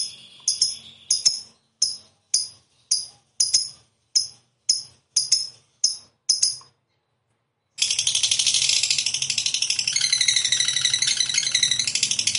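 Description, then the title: Lovebird song: a steady series of short, sharp chirps about twice a second, a brief pause, then a long, continuous, rapid buzzing chatter. Lovebird described as 'fighter' and 'gacor'. "Berkat SUARA Lovebird FIGHTER GACOR Ini"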